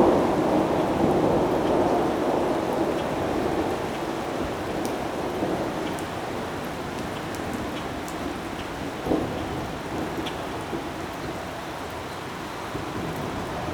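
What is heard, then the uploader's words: A windy thunderstorm with a steady wash of rain and wind, densest in the low and middle range and easing slightly after the first few seconds. A low rumble of thunder runs underneath, with a brief louder crack near nine seconds and scattered faint ticks above. Windy Thunderstorm in the Distance.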